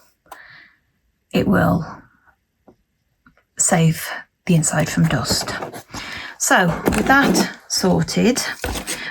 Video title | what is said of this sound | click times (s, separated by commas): A Christmas Village Gift Shop 1:48 Build | It will pop into place like that. | 0.3 s